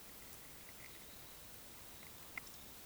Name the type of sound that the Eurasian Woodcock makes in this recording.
whistle, croak